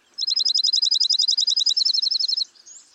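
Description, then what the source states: Dark-eyed Junco trill: a rapid, even run of many bright notes held at one pitch for about two seconds, followed by a faint softer note. Also called snowbird; seen scratching for seeds in South Carolina, arriving when the leaves are past falling.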